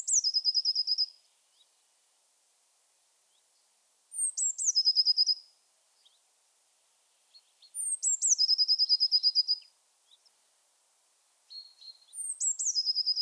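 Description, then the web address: Eurasian blue tit delivering repeated songs: piercing high notes that fall into a rapid trill, roughly every four seconds, plus a few soft chips between. "Aktivitetsbanken. Fuglelyder Blåmeis"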